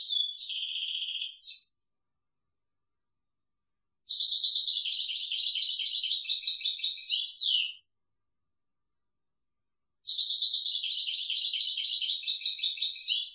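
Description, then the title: European goldfinch giving three bursts of quick, tinkling twitter song, the first under two seconds and the others several seconds long, separated by silent gaps of over two seconds, with no other sounds. "Chant Chardonneret"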